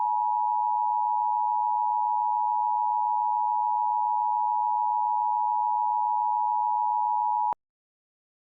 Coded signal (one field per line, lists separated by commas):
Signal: Emergency Alert System (SAME) tones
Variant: 853 and 960 Hz attention tone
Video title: EAS Scenario 5: The Connecticut Shootings